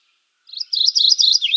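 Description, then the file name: Mourning Warbler singing a rolling series of two-part chirped phrases, repeated rapidly and finishing with a slightly lower downslurred note. "Geothlypis philadelphia - Mourning Warbler"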